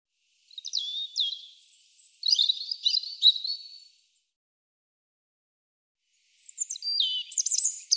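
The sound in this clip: European robin song: high, thin, tumbling phrases of sliding whistles and trills, a long varied phrase followed after a pause by another phrase.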